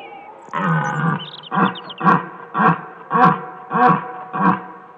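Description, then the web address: Red deer roar: one drawn-out bellow followed by a run of six short, throaty grunting roars. "jagdlehr sound rothirsch"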